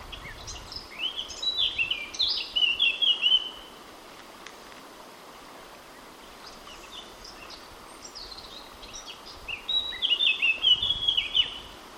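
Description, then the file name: Eurasian blackcap song given twice: each phrase opens with a scratchy twitter and swells into loud, varied fluting whistles, separated by several seconds of near silence and faint hiss. "Sylvia atricapilla"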